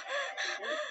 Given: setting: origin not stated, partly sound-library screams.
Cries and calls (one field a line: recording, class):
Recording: one-second piece from a danger detection set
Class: woman in danger